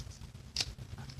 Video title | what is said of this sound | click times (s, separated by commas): Cross Edge rollerball pen review | the mechanism it's pleasant to close. Snaps right into place. | 0.6 s